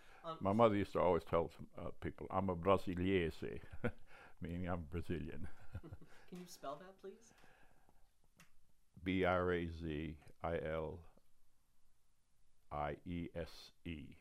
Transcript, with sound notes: My mother used to always tell people, "I'm a Braziliese," meaning, "I'm Brazilian."
[chuckles] Can you spell that, please?
B-R-A-Z-I-L-I-E-S-E.